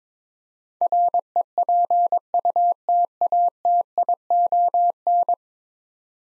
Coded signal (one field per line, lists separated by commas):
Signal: Morse code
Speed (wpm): 22 wpm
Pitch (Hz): 700 Hz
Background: none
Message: REPUTATION